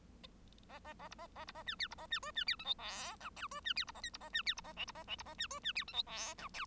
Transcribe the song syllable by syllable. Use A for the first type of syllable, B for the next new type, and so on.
A A A B A A B A C D B A C E C D F G H I J E C D B A K B A C D B A L B A L B A C E C D F G H I J